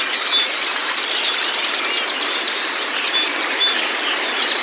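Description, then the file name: White-eye song chorus: busy high twittering with quick sweeps, continuous and overlapping over a steady hiss. Song therapy meant to get the bird to open its beak and sing. "pleci terapi buka paruh"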